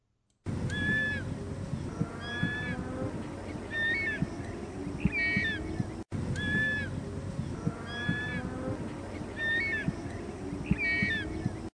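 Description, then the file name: Short-toed snake eagle calls: clear whistled notes with a wavering, slightly falling pitch, given in short groups, over a rumbling low background; the passage seems to repeat midway. "Biancone"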